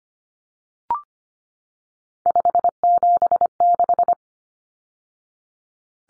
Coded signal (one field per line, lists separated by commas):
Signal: Morse code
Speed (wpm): 25 wpm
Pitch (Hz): 700 Hz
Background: none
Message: 576